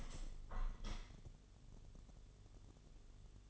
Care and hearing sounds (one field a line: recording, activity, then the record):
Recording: daily activity, microphone in the room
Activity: open window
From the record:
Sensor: 4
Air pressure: 1015.8 hPa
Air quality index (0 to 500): 120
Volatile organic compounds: 3 ppm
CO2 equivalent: 1344 ppm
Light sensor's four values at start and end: 9/20/8/7 and 9/20/8/7